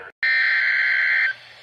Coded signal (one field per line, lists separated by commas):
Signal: Emergency Alert System (SAME) tones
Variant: header bursts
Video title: Happy New Year! Here are my most favorite EAS alerts I filmed!